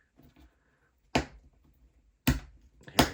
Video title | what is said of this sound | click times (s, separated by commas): UGears Rescue Hovercraft Assembly Instructions Video by Ukidz LLC - UGears US | Uh, we're going to need to put it through part number two all the way in up until it clicks. | 2.3 s, 3.0 s